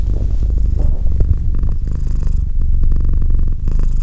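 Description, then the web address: Domestic cat purring, a steady low rumble with soft rhythmic breathing pulses rising and falling throughout. "Cat Purr 201308 Cat purr"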